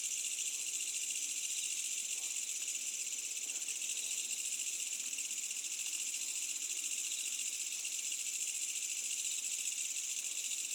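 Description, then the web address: Insects in a continuous high, even buzzing chorus, unbroken for the whole stretch. Medium-density insect chorus on a summer night in the Asian countryside, with a distant village. "Asian Countrysides AMBIENCE Insects Medium Night Summer Distant Village"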